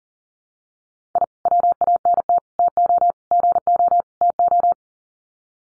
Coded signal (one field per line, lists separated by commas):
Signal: Morse code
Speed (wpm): 40 wpm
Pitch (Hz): 700 Hz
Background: none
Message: I WANT TO GO TO